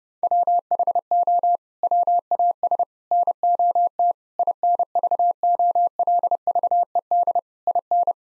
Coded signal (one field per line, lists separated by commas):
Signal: Morse code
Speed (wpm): 30 wpm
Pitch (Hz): 700 Hz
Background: none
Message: WHO WAS NOT INVOLVED IN